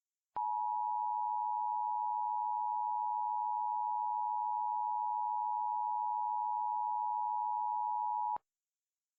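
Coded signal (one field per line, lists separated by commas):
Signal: Emergency Alert System (SAME) tones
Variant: 853 and 960 Hz attention tone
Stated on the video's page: Fictional EAS scenario with valid tones.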